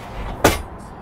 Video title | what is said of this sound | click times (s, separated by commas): New Age - Wayfinder - Full Set Up & Pack Up | hear that clunk so just so you can hear that again it's a very definitive | 0.4 s